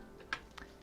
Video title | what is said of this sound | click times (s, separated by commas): Mining Rig Build Testing and setup PART 2 | i'm going to plug that in get that nice click | 0.3 s